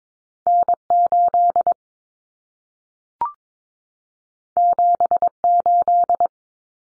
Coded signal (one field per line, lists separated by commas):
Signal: Morse code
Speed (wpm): 22 wpm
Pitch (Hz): 700 Hz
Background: none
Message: N8 78